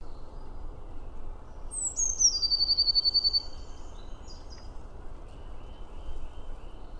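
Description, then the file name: Eurasian blue tit calls once, high sliding notes running into a brisk trill, with faint soft notes later amid low steady noise. "Cyanistes caeruleus"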